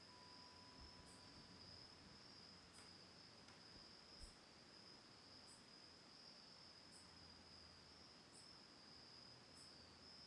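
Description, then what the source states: Steady high cricket trill throughout, with periodic faint upper chirps and a brief soft tone near the start. Autumn night, recorded October 10, 2020 from a lakeside home on Cayuga Lake, Ithaca, New York.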